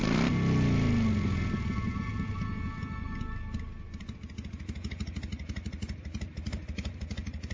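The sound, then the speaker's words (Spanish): A motorcycle engine roars to life with a loud rising rev as the helmeted rider sets off on the trip home, then settles into a steady, rhythmic low chugging that grows slightly quieter as it pulls away. “Temprano al siguiente día, luego de cargar gasolina, se subió a su motocicleta y con el casco bien ajustado, inició el viaje de regreso a su hogar.”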